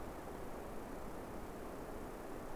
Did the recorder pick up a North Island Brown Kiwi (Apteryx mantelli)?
no